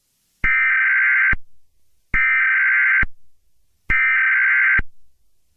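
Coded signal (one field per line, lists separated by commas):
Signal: Emergency Alert System (SAME) tones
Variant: header bursts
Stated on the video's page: Fictional EAS scenario; the alert is simulated.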